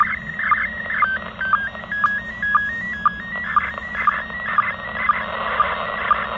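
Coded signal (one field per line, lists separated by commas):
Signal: SSTV (slow-scan television)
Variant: PD120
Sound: warbling tones shifting in pitch with short low chirps about twice a second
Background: radio static, low hum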